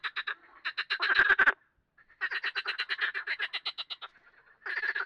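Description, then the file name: Frogs croaking in rapid trains of rattling pulses, overlapping bursts, a brief quiet gap near two seconds, then another long pulsed chorus. "grenouilles"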